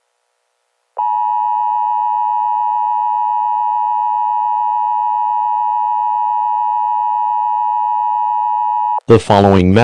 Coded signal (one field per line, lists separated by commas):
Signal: Emergency Alert System (SAME) tones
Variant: 853 and 960 Hz attention tone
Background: speech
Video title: EAS scenario #3 jimi.exe